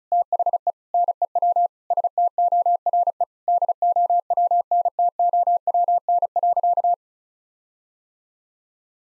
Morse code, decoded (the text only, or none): THE NEW STORE DOWNTOWN.